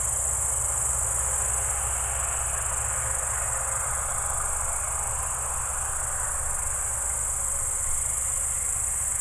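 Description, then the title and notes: Cricket song forms an unbroken shrill hiss held at one pitch, over a constant low mechanical hum from an engine. Evening crickets at Spalona Pass, Bystrzyckie Mountains, Poland, 18 July 2024 around 19:00; old tractor mowing grass in the village below in background. "Spalona 6, 57-516, Polska - Spalona Pass - crickets and haymaking. Przełęcz Spalona w Górach Bystrzyckich. wieczorne świerszcze"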